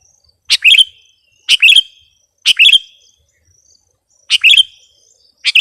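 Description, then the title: Sooty-headed bulbul repeating a short phrase, a sharp note slurring into a bubbling twitter, about once a second with a brief pause. "kutilang"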